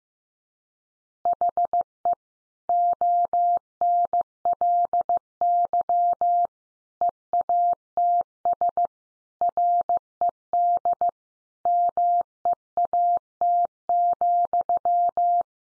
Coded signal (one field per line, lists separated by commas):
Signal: Morse code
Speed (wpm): 15 wpm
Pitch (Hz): 700 Hz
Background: none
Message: HE ONLY EATS RED MEAT,